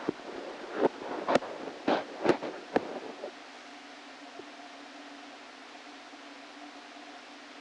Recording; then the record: brain microelectrode recording played as sound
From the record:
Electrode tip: outside the subthalamic nucleus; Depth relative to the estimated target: 2 mm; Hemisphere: left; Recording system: NeuroSet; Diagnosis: Parkinson's disease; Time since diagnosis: 13 years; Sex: male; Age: 49 years